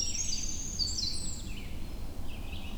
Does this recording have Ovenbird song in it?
no